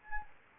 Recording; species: mosquito wingbeat signal from an infrared sensor; Anopheles gambiae